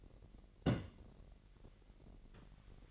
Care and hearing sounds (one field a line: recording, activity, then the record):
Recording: daily activity, microphone in the room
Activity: place on stove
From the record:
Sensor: 4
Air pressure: 1012.8 hPa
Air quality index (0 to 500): 238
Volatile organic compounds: 4 ppm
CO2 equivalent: 1582 ppm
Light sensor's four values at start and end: 29/68/28/28 and 28/67/27/27